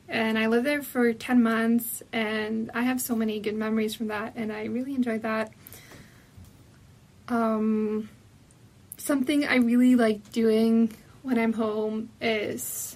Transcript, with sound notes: and I lived there for ten months, and I have so many good memories from that, and I really enjoyed that. [Breath] [exhale] s-something I really like doing, when I’m home is,